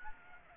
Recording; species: mosquito wingbeat signal from an infrared sensor; Aedes aegypti